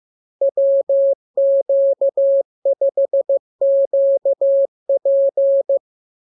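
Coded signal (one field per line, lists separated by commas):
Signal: Morse code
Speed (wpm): 15 wpm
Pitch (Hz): 550 Hz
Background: none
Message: WQ5QP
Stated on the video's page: Morse lesson 27 with letters, numbers, punctuation and Q-code; radiogram opens with VVV and section sign "=", ends with AR.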